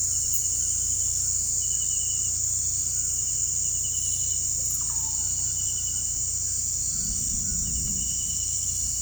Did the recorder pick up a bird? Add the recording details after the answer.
no. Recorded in pastures near Puerto Asís, Putumayo, Colombia, on 16 December 2024 at 18:00. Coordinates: 0.472, -76.329. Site G072